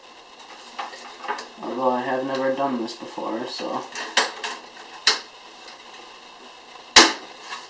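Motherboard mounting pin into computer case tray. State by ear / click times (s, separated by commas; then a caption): seated / 7.0 s. While a new 990FXA-UD3 motherboard is fitted alongside an FX-8150, someone talks and then pushes a gold mounting pin (standoff) into a hole in the PC case tray, with smaller knocks around 4.2 and 5.1 s. A sharp, loud hit at 7.0 s marks the pin popping into place, seated in the case.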